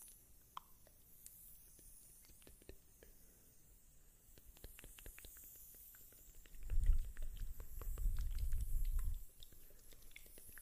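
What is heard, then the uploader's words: Mouth sounds: soft wet clicks and smacks scattered throughout, irregular and sparse at first, growing busier toward the middle. From about seven to nine seconds a low rumbling swell rises underneath, then fades, leaving the quiet clicking again. A faint hiss sits high above. ASMR MOUTH SOUNDS. (Slight ECHO TINGLES).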